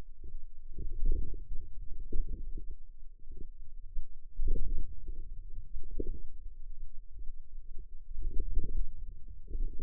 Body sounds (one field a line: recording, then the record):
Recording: forearm muscle sounds (acoustic myography)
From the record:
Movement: ulnar deviation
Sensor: system 2, bracelet of six BSWA MPA416 microphones around the upper forearm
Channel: 5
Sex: female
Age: 21 years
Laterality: right